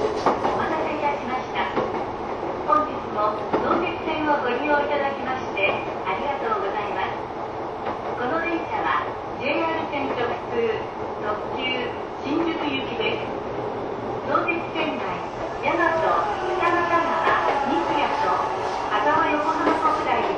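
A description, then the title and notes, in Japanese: A train runs along steadily, its low rumble continuous for the whole twenty seconds with no clear stops. Voices chatter over it throughout, dense and overlapping, with a few brighter squeals or clanks scattered around the middle and end. 相鉄12000系 相鉄・埼京線特急・普通 01/01:海老名～新宿。相鉄・埼京線直通＂特急・普通＂の列車走行音。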